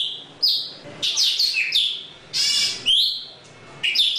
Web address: tieng chim thanh tuoc hot. tieng dong vat